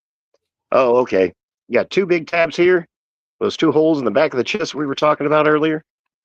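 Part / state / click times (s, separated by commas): plastic tabs going into the chest piece of a transforming action figure / not seated / none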